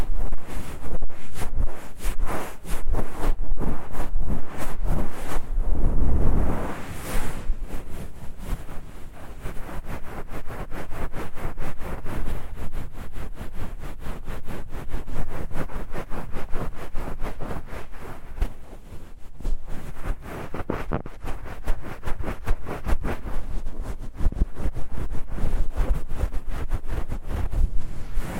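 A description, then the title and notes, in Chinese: Dense crackling and rustling of ear cleaning, with a loud low rumbling swell around six seconds, then steadier scratching. ASMR×KU100。耳燭．耳穴清潔 | Ear Cleaning | NO Talking。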